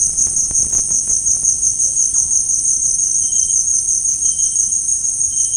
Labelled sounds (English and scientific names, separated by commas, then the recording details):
Russet-backed Oropendola (Psarocolius angustifrons)
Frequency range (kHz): Russet-backed Oropendola (Psarocolius angustifrons) 0.2-3.5 kHz
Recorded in dense forest near Puerto Asís, Putumayo, Colombia, on 25 June 2025 at 17:30
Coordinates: 0.481, -76.323
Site G072